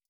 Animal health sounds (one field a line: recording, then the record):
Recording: hydrophone in a shrimp aquaculture tank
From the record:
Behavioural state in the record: stressed